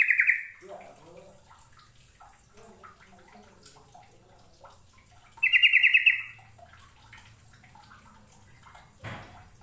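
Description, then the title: Bird song: two short, loud buzzy trills several seconds apart, with soft scattered chirps and faint clicks between them. "Kicau Burung"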